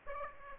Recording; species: mosquito wingbeat signal from an infrared sensor; Aedes aegypti